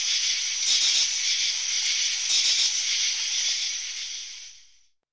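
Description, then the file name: Cicada producing an unbroken shrill buzz with gentle pulsing, the sound fading away smoothly over the last second into silence. Several cicadas calling together. "Meditarranean Cicadas"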